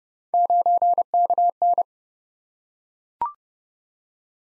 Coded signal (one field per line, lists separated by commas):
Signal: Morse code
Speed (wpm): 30 wpm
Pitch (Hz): 700 Hz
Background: none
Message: 9KN